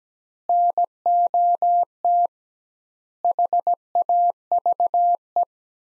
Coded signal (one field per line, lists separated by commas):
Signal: Morse code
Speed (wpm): 17 wpm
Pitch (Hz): 700 Hz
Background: none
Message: NOT HAVE